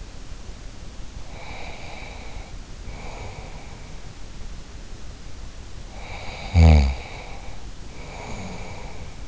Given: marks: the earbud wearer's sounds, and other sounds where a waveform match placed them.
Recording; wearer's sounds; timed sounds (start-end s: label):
sounds in sleep by an in-ear microphone; breath, snoring breath
1.26-4.17 s: breath
5.86-9.28 s: snoring breath